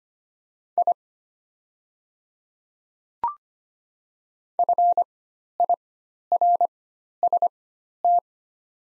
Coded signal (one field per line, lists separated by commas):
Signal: Morse code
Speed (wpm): 25 wpm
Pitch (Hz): 700 Hz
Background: none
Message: I FIRST